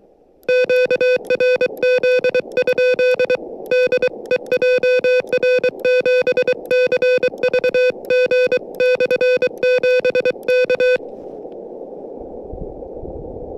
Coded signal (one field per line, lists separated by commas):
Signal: Morse code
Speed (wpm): 23 wpm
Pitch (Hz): 500 Hz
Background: music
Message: QRZ? DE JR7CVG/7 K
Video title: 面白山（標高1264m）山岳運用 SOTA Activation / モールス通信 / Using KH1 & Whip